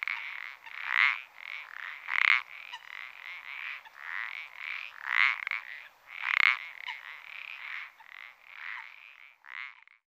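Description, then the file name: Common parsley frog producing rasping croaks, a few loud ones standing out among a busy run of quieter croaking. "pelodyte-ponctué"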